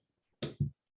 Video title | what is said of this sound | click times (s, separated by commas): Premium Online Class: Rosey Rope Bracelet with Danielle Wickes - Michaels | listen for that click | 0.4 s